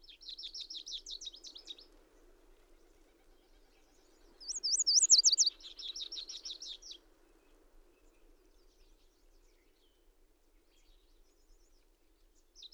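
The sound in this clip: Bird song: high, fast, slurred phrases repeated a few times over a steady low hum, with one louder, sharper phrase in the middle.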